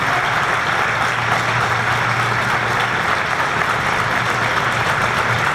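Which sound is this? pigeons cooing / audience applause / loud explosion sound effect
audience applause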